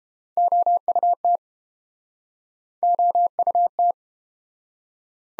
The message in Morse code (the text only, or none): OUT OUT